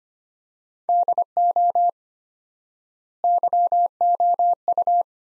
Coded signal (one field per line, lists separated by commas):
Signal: Morse code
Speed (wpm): 25 wpm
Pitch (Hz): 700 Hz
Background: none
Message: DO YOU